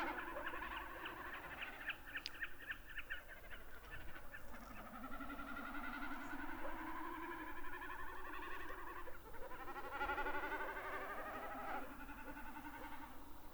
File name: Drumming Common And Distant Lekking Great Snipes